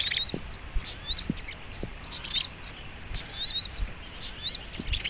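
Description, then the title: Little Spiderhunter song: high, thin chirps and short sliding notes with sharp clicks, delivered in bursts about every half second to second, over a low background hiss. Training (masteran) recording in the Labaik style. "Masteran Burung Sogok Ontong Labaik"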